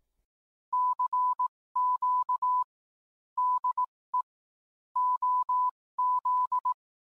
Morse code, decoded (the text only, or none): CQ DE OZ